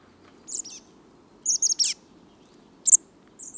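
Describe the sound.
Chestnut-backed chickadee calling: scattered high, thin chips and short buzzy notes in small groups, with a faint low hum beneath.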